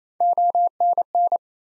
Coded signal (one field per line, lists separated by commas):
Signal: Morse code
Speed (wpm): 28 wpm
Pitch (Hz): 700 Hz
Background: none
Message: ONN